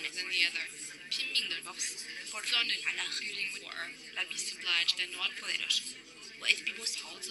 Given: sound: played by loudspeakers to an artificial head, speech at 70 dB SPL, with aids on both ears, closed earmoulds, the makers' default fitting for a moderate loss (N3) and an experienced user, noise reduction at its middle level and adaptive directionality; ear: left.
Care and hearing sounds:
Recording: speech test signal (ISTS) in cocktail-party noise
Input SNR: -3 dB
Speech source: in front (0 degrees)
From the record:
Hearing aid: class 2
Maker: H

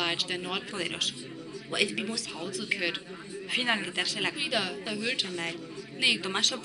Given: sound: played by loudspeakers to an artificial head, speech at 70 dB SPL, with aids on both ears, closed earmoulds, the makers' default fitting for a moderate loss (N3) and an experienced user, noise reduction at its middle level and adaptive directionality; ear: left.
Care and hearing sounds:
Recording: speech test signal (ISTS) in cocktail-party noise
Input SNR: 0 dB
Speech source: in front (0 degrees)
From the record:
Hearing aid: class 2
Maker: B

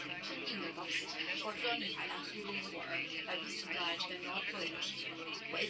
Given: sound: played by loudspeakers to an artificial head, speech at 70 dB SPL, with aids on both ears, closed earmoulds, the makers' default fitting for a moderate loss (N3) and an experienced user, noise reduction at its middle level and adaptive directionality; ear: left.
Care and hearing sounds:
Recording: speech test signal (ISTS) in cocktail-party noise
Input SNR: 0 dB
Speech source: on the right (90 degrees)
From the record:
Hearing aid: class 2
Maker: C

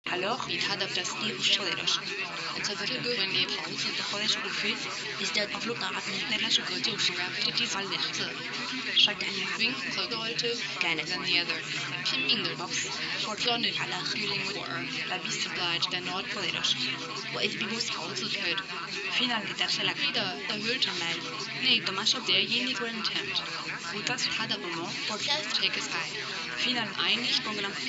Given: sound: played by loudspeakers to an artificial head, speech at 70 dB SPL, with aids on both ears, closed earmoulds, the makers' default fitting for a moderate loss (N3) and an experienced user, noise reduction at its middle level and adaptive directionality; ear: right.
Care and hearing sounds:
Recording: speech test signal (ISTS) in cocktail-party noise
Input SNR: -3 dB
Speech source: on the right (90 degrees)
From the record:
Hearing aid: class 1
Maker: A

